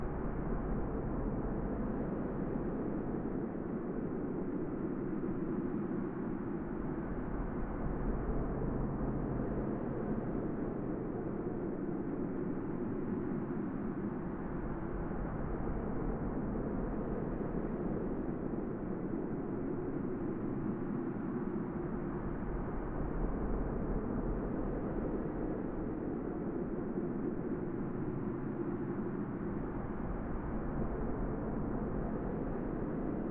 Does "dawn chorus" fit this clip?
no